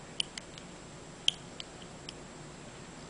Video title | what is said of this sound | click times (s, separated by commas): technotrans Waterproof Coil Upgrade Demonstration | and as you insert them you will hear a click | 0.2 s, 1.3 s